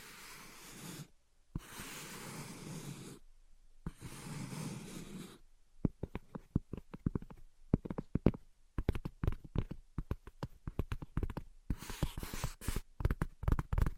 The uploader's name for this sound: Invisible Tapping and Scratching